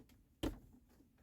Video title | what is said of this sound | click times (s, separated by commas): Clicking Noise from Dash? No AC? Blend Door Actuator Replacement! 07 Expedition (Minute Maintenance) | push in by the body don't ever push or pull by the wires by the body of it push it in until here a nice click | 0.4 s